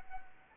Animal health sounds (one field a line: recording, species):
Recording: mosquito wingbeat signal from an infrared sensor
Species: Anopheles gambiae